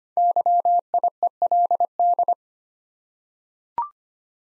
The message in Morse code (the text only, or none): YIELD